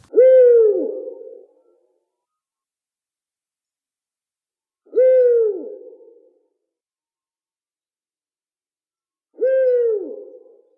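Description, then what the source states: Eurasian eagle-owl hooting: deep single hoots with a short bend, repeated about every five seconds, three in all, over silence. Said to call its own name, 'oehoe', at night.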